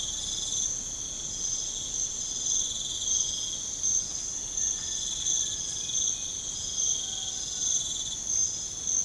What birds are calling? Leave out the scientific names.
none